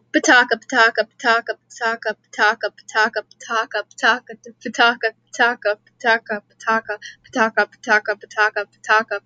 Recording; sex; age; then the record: repeated syllables /pa ta ka/; female; 18 to 19 years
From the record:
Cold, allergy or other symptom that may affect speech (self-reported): no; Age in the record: 19 years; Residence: Texas, United States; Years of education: 13